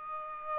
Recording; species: mosquito wingbeat signal from an infrared sensor; Aedes aegypti